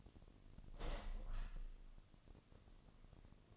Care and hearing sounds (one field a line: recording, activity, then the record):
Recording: daily activity, microphone in the room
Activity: open window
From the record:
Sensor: 4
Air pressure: 1005.7 hPa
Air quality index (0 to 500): 93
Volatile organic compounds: 2 ppm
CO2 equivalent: 1143 ppm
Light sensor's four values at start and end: 13/29/11/11 and 13/29/11/11